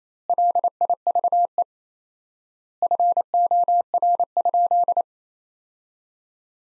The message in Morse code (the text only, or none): LIVE FOR?